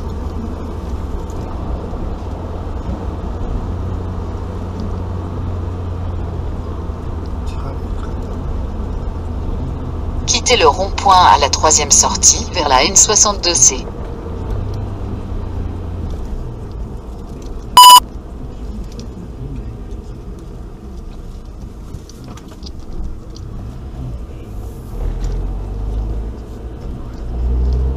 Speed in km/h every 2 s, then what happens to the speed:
60, 60, 60, 59, 60, 62, 59, 49, 39, 32, 24, 19, 20, 23.
0-11 steady at about 60. 11-21 brakes to 19. 21-28 steady at about 20.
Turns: 20-24.